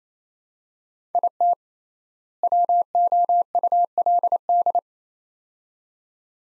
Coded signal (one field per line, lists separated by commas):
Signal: Morse code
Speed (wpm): 28 wpm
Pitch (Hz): 700 Hz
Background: none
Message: IT WOULD